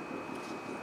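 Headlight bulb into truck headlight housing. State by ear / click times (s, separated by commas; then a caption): not seated / none. A replacement headlight bulb is handled at the headlight housing of a 2008–2010 Ford F250/F350 truck, about to be inserted and turned until it twist-locks in place. Only a steady, low hiss with a faint constant high tone is heard, with no distinct knocks or clicks. Nothing has seated or clicked yet.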